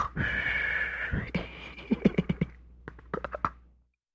Snoring and giggling.